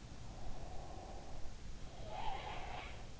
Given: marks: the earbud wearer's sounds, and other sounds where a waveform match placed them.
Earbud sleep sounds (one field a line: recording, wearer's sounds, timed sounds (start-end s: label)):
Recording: sounds in sleep by an in-ear microphone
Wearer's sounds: breath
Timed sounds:
0.00-0.79 s: sound from someone else or the room
0.02-3.00 s: breath